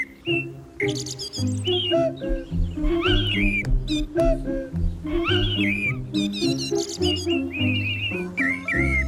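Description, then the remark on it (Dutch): The 'vogelvinktoon' (bird finch tone) jingle of the NPO Radio 1 show Vink: bright, chirping finch-like bird tweets layered over a steady, rhythmic low-pitched melody, played loud and continuous for about nine seconds with no talking. “Ja, dat klinkt bekend. Dat is namelijk de vogelvinktoon.”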